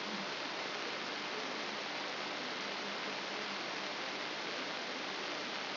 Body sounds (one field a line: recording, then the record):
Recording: brain microelectrode recording played as sound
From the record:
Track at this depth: outside the subthalamic nucleus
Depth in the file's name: 6.301 mm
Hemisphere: left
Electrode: 3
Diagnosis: Parkinson's disease